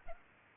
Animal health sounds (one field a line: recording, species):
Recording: mosquito wingbeat signal from an infrared sensor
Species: Culex pipiens